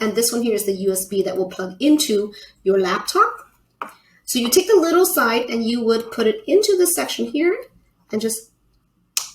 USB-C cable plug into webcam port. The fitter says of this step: snap it in you hear the snap and it goes right in and you snap this in and